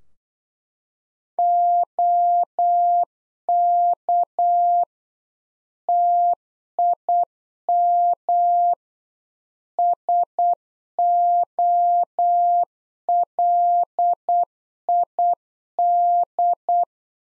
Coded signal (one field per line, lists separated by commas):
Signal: Morse code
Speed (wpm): 8 wpm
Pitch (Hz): 700 Hz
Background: none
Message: OK TIM SOLID